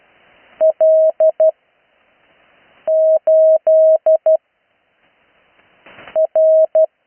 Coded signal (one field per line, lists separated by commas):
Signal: Morse code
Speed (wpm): 12 wpm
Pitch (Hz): 640 Hz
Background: none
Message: L 8 R